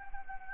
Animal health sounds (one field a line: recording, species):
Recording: mosquito wingbeat signal from an infrared sensor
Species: Anopheles arabiensis